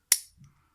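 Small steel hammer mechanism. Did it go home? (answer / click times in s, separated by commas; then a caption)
yes / 0.1 s. A sharp, bright metallic click at 0.1 s is the hammer of a .38 Special derringer pistol catching in its half-cock notch, after two rounds have been fired, the manual hammer block safety has been pushed in and the hammer pulled back. A faint tick and low rumble follow around 0.4 s. The hammer is confirmed seated at half cock.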